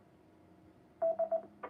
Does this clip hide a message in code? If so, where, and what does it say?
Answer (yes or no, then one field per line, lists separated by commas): no